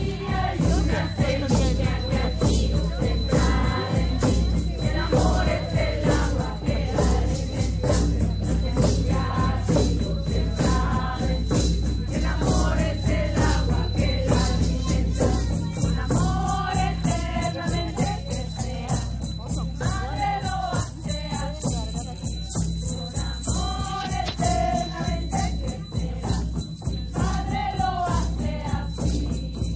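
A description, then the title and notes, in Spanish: A Mexican dance ceremony, dense with the constant rattling and jingling of the dancers' adornments in a fast, steady pulse. A low drum rumble runs underneath throughout, and voices rise and fall in the middle, more clearly in the second half. Ceremonia danza mexicana.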